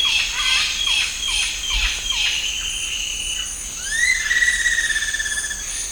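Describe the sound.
Bird calls: a series of short downslurred notes, then a long rising whistle with harmonics that levels off, over a steady high insect hum.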